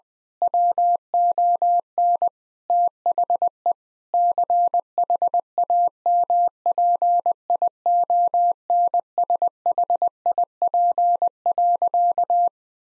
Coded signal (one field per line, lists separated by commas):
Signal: Morse code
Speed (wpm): 20 wpm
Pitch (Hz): 700 Hz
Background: none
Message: WON THE CHAMPIONSHIP.